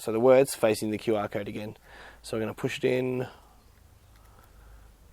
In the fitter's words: like that until it clicks so just go a little bit further very